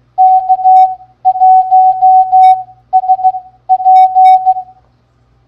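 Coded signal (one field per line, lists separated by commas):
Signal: Morse code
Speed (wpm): 15 wpm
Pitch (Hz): 750 Hz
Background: none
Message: K1SP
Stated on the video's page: Morse practice game of callsigns sent at 13 wpm.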